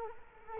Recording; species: mosquito wingbeat signal from an infrared sensor; Culex quinquefasciatus